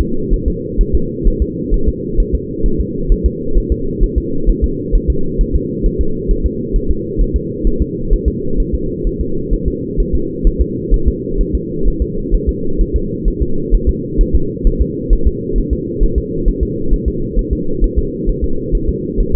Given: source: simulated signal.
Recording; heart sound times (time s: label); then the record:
fetal heart sounds
0.01 s: S2
0.34 s: S1
0.48 s: S2
0.81 s: S1
0.95 s: S2
1.28 s: S1
1.42 s: S2
1.74 s: S1
1.88 s: S2
2.20 s: S1
2.35 s: S2
2.66 s: S1
2.81 s: S2
3.12 s: S1
3.26 s: S2
3.58 s: S1
3.72 s: S2
4.04 s: S1
4.18 s: S2
4.50 s: S1
4.64 s: S2
4.95 s: S1
5.10 s: S2
5.41 s: S1
5.56 s: S2
5.86 s: S1
6.01 s: S2
6.31 s: S1
6.46 s: S2
6.76 s: S1
6.91 s: S2
7.21 s: S1
7.36 s: S2
7.67 s: S1
7.82 s: S2
8.13 s: S1
8.28 s: S2
8.60 s: S1
8.75 s: S2
9.07 s: S1
9.21 s: S2
9.54 s: S1
9.68 s: S2
10.00 s: S1
10.15 s: S2
10.47 s: S1
10.62 s: S2
10.94 s: S1
11.08 s: S2
11.41 s: S1
11.55 s: S2
11.88 s: S1
12.02 s: S2
12.35 s: S1
12.49 s: S2
12.81 s: S1
12.96 s: S2
13.28 s: S1
13.42 s: S2
13.74 s: S1
13.89 s: S2
14.21 s: S1
14.35 s: S2
14.67 s: S1
14.82 s: S2
15.13 s: S1
15.27 s: S2
15.58 s: S1
15.73 s: S2
16.03 s: S1
16.18 s: S2
16.48 s: S1
16.63 s: S2
16.93 s: S1
17.08 s: S2
17.39 s: S1
17.53 s: S2
17.84 s: S1
17.99 s: S2
18.29 s: S1
18.44 s: S2
18.75 s: S1
18.89 s: S2
19.20 s: S1
19.35 s: S2
From the record:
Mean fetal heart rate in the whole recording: 130 bpm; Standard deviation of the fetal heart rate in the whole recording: 2 bpm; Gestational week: 38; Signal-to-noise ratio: -8.1 dB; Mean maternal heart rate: 72 bpm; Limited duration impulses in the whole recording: absent